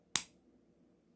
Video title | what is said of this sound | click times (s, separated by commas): A drop-dead gorgeous knife from Japan; Katz (Small) Cheetah in Mother of Pearl! | Has a nice click to it as well. Very positive. | 0.2 s